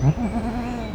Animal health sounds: contact call of a hoofed animal; goat; low-frequency (closed-mouth) or high-frequency (open-mouth) call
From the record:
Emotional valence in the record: negative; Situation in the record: short social isolation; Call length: 0.95 s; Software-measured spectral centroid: 1410 Hz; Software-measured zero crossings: 1000 a second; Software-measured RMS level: -23 dBFS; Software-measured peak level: -9 dBFS

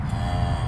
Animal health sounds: contact call of a hoofed animal; cattle; low-frequency (closed-mouth) or high-frequency (open-mouth) call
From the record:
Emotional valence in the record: negative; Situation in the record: full separation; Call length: 0.68 s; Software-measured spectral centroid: 1900 Hz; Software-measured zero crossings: 970 a second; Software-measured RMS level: -24 dBFS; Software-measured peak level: -11 dBFS

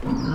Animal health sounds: contact call of a hoofed animal; wild boar; grunt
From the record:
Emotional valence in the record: negative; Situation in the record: naturally occurring agonistic interactions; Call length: 0.35 s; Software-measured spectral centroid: 1480 Hz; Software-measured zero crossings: 940 a second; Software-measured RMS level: -24 dBFS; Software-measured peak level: -12 dBFS

